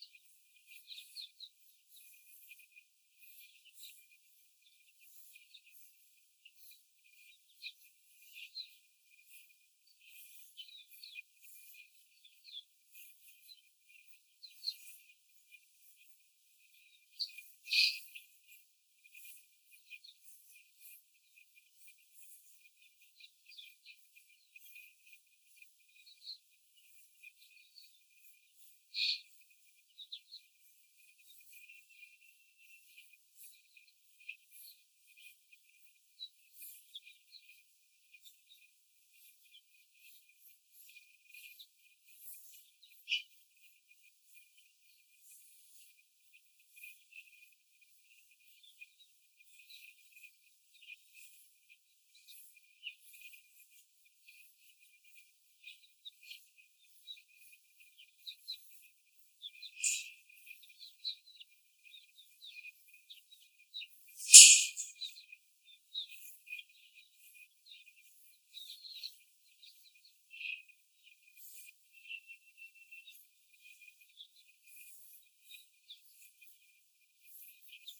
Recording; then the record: young laying hens in a cage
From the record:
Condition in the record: after the stressor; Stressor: simulated dog barking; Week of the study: 4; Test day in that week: 1